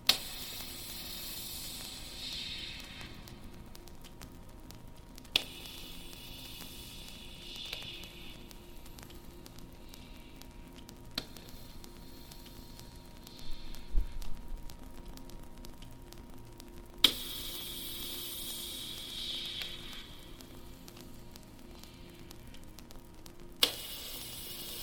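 A steady hiss of synthetic white noise fills the sleep chamber, with a faint constant hum underneath and bright, cricket-like shimmering that swells and fades in patches. Sharp clicks strike at irregular intervals, roughly every three to six seconds, like a clock.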